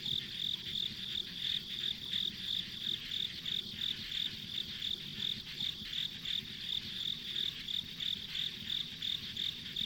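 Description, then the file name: Insect chirps, shrill and evenly spaced at close to three per second, over a dense background hum of other insects and low rumbling noise. Ambient insect sounds on a rural country road. "田舎道の虫の環境音"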